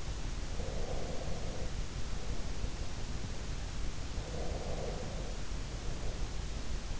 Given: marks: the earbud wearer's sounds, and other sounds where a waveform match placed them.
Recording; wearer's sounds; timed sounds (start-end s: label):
sounds in sleep by an in-ear microphone; breath
0.51-3.37 s: breath
4.28-6.81 s: breath